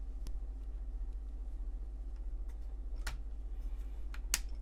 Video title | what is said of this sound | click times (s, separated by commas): Agora Models Build the Terminator - Pack 10 - Stages 91-100 | and push that completely in. You heard that click in there. That's the kneecap in place. | 4.3 s